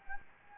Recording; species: mosquito wingbeat signal from an infrared sensor; Anopheles gambiae